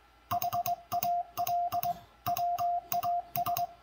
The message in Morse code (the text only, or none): HAL WAS